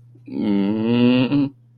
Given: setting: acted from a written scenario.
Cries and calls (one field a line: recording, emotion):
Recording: vocal sound without words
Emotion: guilt